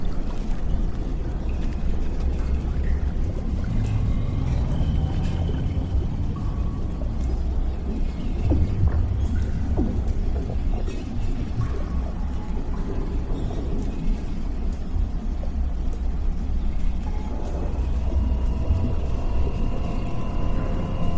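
Damaged underwater lab ambience: a dense, steady low rumble fills the whole stretch, with a churning, watery texture and a deep hum underneath. Faint creaks, thin metallic tones and small clanks drift in and out, a few tonal whines rising near the end.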